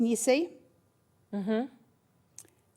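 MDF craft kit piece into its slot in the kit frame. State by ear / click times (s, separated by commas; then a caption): seated / 2.4 s. A piece of an MDF craft kit easel is slotted into its mating part in the kit frame using the small bead on its end. After someone talks, a sharp, short click is heard at 2.4 s as the piece seats into place.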